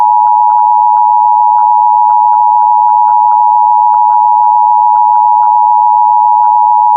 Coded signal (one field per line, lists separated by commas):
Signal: Emergency Alert System (SAME) tones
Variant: 853 and 960 Hz attention tone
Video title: EAS: AMBER Alert for Young Girl Abducted During a Car Theft in Detroit, Michigan